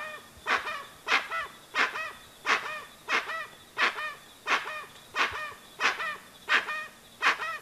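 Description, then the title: Dusky-legged guan song: loud, nasal honks with rich harmonics, repeated steadily about once every 0.7 seconds through the whole stretch. Singing; played as a sound to call the bird in. "Pavanegra. Pava de Monte o Pava Oscura Cantando Sonido para Llamar"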